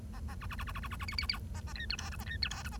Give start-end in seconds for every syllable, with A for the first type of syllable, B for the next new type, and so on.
0.14-0.19 A, 0.28-0.35 A, 0.41-0.46 B, 0.50-0.55 B, 0.58-0.64 B, 0.67-0.72 B, 0.74-0.80 B, 0.82-0.88 B, 0.90-0.96 B, 0.99-1.05 B, 1.08-1.15 C, 1.18-1.26 C, 1.29-1.38 C, 1.54-1.60 A, 1.67-1.73 A, 1.75-1.85 D, 1.90-1.96 E, 1.98-2.09 F, 2.12-2.16 G, 2.19-2.24 A, 2.26-2.37 D, 2.42-2.49 E, 2.50-2.62 F, 2.64-2.69 G, 2.71-2.77 A